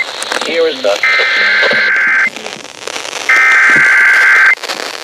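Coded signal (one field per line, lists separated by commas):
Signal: Emergency Alert System (SAME) tones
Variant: header bursts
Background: speech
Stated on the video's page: Severe weather EAS alerts received on NOAA weather radio during a week in York Beach, Maine.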